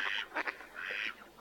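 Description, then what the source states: Mallard quacks: a harsh, nasal rasping note, a short double burst, then a drawn-out rasp. For use in an electronic decoy caller for luring ducks, from Russia.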